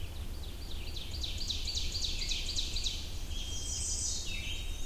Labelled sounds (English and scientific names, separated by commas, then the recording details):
Ovenbird (Seiurus aurocapilla) song
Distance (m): 60 m
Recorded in boreal forest in Alberta, Canada, on 21 June 2016 at 06:49
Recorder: SongMeter 3, array SBT-6-81
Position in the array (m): 51 m, 124 m
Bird 23